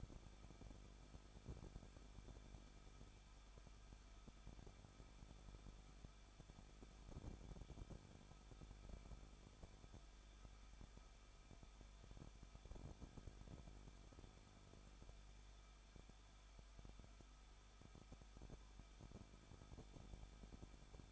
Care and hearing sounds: daily activity, microphone in the room; no activity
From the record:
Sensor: 5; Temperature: 20.8 degrees Celsius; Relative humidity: 38.3%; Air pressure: 1006.6 hPa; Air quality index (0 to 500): 186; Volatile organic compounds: 18 ppm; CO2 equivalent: 2611 ppm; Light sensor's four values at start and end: 2/3/1/1 and 2/3/1/1

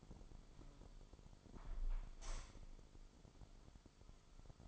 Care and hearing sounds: daily activity, microphone in the room; close window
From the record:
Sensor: 5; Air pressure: 995.8 hPa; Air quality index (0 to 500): 106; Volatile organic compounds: 8 ppm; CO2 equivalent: 2061 ppm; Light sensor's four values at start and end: 40/97/39/41 and 40/97/39/41

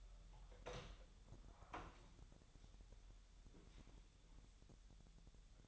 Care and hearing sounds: daily activity, microphone in the room; open door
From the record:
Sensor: 3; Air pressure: 1001.2 hPa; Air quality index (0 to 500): 250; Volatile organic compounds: 177 ppm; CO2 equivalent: 4134 ppm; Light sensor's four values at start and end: 12/28/12/11 and 12/28/12/12

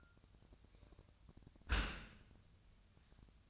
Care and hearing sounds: daily activity, microphone in the room; close dishwasher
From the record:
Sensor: 2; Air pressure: 1004.5 hPa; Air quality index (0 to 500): 112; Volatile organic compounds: 3 ppm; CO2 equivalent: 1357 ppm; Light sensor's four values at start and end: 6/15/6/6 and 6/15/6/6

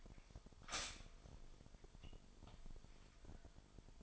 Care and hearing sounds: daily activity, microphone in the room; stop toaster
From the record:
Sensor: 5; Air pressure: 1002.1 hPa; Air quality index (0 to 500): 208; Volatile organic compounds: 20 ppm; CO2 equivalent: 2694 ppm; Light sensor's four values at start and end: 33/108/41/43 and 33/108/41/43

